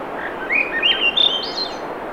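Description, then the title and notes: Swainson's thrush song: a flute-like phrase spiralling upward in quick steps to a thin high finish, over a steady hiss of surf. Singing, 7:15 pm, 7 June 2017, low 50s, clear skies, between tides; Sun Dew Trail near Ocean Beach, Schoodic Peninsula, Acadia National Park, Winter Harbor, Maine; Fostex FR2, Sennheiser ME66; high-pass filtered against surf. "Swainson's Thrush pm. Swainson's Thrush singing Wednesday June 7, 2017 7:15 pm temperature low 50s clear skies between the tides Sun Dew Trail where it intersects with trail to Ocean Beach Schoodic Pennisula Acadia National Park Winter Harbor, ME"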